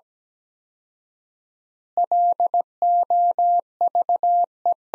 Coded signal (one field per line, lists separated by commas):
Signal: Morse code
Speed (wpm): 17 wpm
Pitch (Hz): 700 Hz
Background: none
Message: LOVE